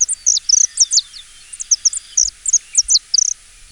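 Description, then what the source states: Saffron finch singing a quick series of high, sharp chips and short whistled notes, some in rapid doublets, spread unevenly over nearly four seconds. Native to South America; introduced to Hawaii in the early 1960s mainly for its colorful plumage and pleasant whistle-like songs; seen in small flocks on lawns and grassy, shrubby areas on Hawaii Island and Oahu.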